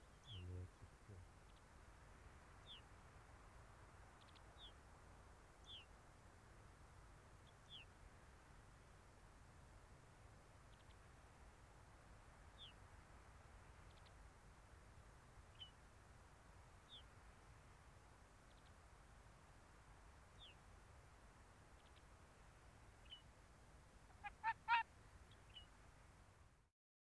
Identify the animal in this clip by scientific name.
Vulpes lagopus